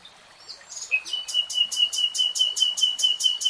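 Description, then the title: Nightingale song phrase: soft introductory notes, then a rapid, steady run of sharp repeated pulses over a held whistled tone. Singing in real time. "[Tiếng chim hót] 3 Hours REALTIME Nightingale Singing"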